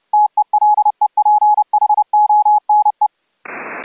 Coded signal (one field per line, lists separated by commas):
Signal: Morse code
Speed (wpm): 28 wpm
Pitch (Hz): 840 Hz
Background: radio noise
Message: TELEPHONE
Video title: UltraGrid audio over ip software for HAM RADIO remote RIG operations